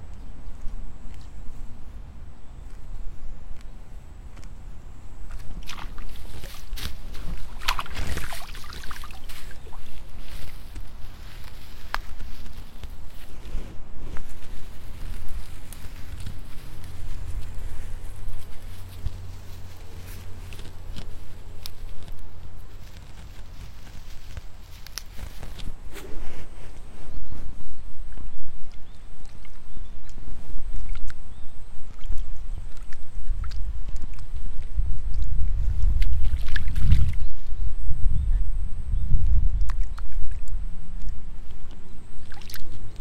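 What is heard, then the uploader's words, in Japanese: Rice seedlings being pulled in the evening, with scattered splashy thumps and rustles of handling, clustered around 8 seconds, mid-clip and near 26 and 36–40 seconds. A low steady rumble runs underneath, a thin high insect-like tone persists, and the last stretch grows louder. イネ苗取り ブユのいない気持ち良い夕方。いよいよ今年の手植え田んぼも大詰め。夕方、イネの苗取り。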